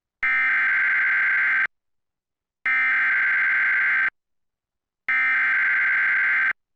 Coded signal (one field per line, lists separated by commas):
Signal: Emergency Alert System (SAME) tones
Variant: header bursts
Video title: TV EAS #19 (EAS #26): Severe Thunderstorm Warning #4, 7/13/15